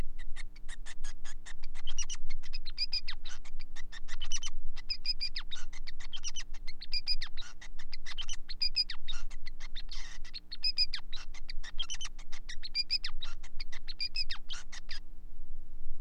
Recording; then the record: song of a male Bengalese finch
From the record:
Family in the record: son of father 5